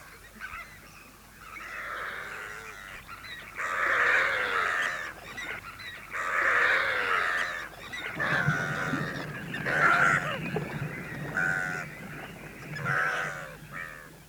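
A flock of doves cries out loudly together in harsh, honking bursts, several overlapping calls repeating in an uneven rhythm for the whole stretch, with no speech.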